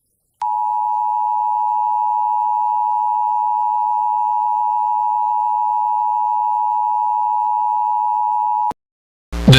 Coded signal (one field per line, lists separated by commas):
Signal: Emergency Alert System (SAME) tones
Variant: 853 and 960 Hz attention tone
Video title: EAS MOCK - Edmond Tornado